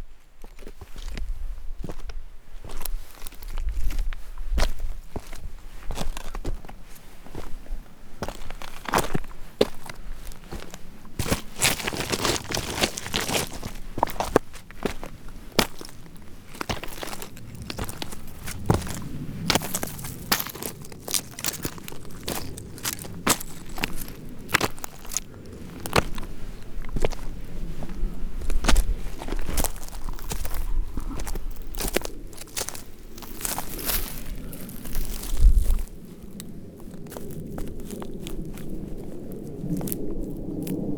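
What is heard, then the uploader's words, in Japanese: Natural sounds along a walking path, with footsteps crunching and crackling over dry ground at a fairly steady pace throughout. Sharp bright clicks and rustles cluster thickly around 11–15 and 28–35 seconds, over a low soft rumble that rises slightly near the end. お散歩道の自然の音。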